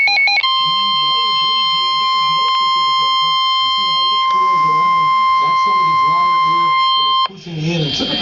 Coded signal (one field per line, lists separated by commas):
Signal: Emergency Alert System (SAME) tones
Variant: 1050 Hz attention tone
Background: speech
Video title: EAS Alert #71 - Severe Thunderstorm Warning #7 6/8/11